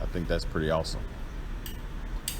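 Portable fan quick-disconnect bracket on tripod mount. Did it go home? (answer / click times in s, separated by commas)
released / 2.3 s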